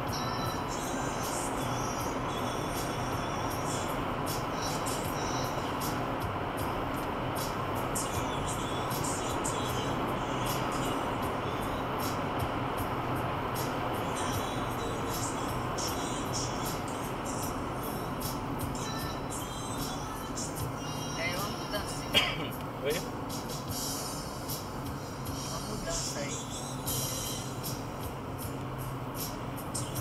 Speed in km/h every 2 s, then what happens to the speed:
138, 140, 141, 144, 146, 147, 140, 129, 114, 108, 103, 98, 95, 94, 90.
0-11 speeds up to 147. 11-30 slows to 90.